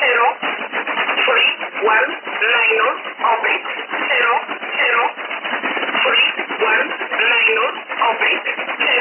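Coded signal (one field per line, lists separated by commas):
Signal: numbers station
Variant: E11 Oblique, English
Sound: a voice on shortwave reading short, evenly spaced words, likely numbers, in English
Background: radio static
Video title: 16 09 2017 Numbers station E11 Oblique in English to Eu 0806 on 9200 unknown tx site in USB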